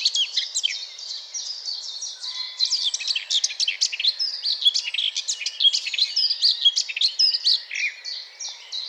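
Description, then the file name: Eurasian blackcap delivering a long, busy twittering warble, mixing clicks, squeaks and short whistles in quick succession, with low steady background noise. "Sylvia atricapilla"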